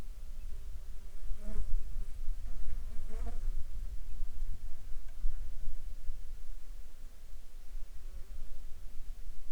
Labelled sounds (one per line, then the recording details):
insects
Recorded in the Prudhoe Bay oil fields, Alaska, on 9 July 2019 at 10:37
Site 14